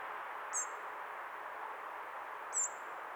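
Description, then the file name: Common blackbird giving two thin, very high, brief call notes about two seconds apart against steady background noise. "Turdus merula"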